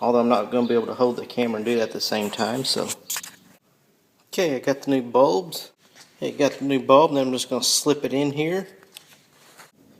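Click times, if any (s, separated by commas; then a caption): 9.0 s. A new rear turn signal bulb for a Pontiac G6 is pushed straight into its plastic socket in the tail lamp while someone talks. A sharp click at 9.0 s marks the bulb snapping into place, fully seated.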